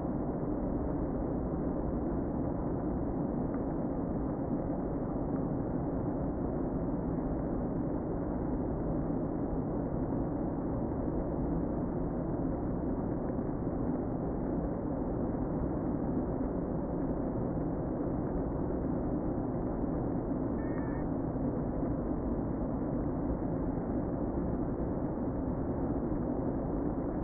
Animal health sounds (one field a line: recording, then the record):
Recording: honeybee colony, microphone inside the hive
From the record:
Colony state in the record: queen present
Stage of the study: before two queens were removed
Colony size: about 60,000 bees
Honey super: yes